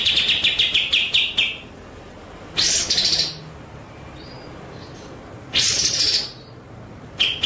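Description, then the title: White-rumped shama song: fast rolling trills of sharp repeated notes around mid-high pitch, broken by loud harsh buzzy bursts every few seconds. Masteran training track of rolling (ngerol) and sharp, shooting (nembak) song. "Masteran Murai Batu Full Ngerol Nembak"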